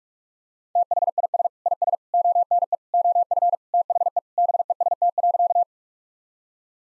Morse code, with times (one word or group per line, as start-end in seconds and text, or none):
0.8-1.5 THIS
1.7-2.0 IS
2.1-2.8 ONE
2.9-3.6 OF
3.7-4.2 THE
4.4-5.6 BEST.